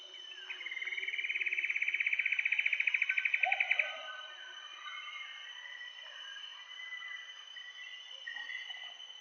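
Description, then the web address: Common paradise kingfisher call: a rapid pulsed trill that swells in loudness over three seconds, then quieter bird calls over a constant high buzzing tone. Recorded in Indonesia. "ULM-DS-Lab indonesian-bird-sounds. Tanysiptera galatea"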